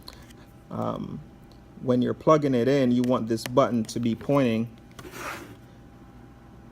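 A locking power cord connector is handled and rotated so its release button points to the three o'clock position before it goes into the power port of an audio receiver. Someone talks over soft rubbing and handling noise, with a few brief faint ticks near 0.1 and 5.0 seconds. The connector has not been pushed in or clicked into place yet.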